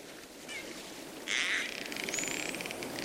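Dolphin calls: a faint wavy whistle, then a loud burst of pulsed squawking sound, followed by rapid clicks and a thin rising whistle, over steady background hiss.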